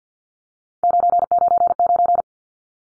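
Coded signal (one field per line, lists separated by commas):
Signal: none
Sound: practice track beeps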